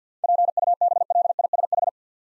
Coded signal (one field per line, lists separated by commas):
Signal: Morse code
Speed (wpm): 50 wpm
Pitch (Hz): 700 Hz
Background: none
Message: PUBLISH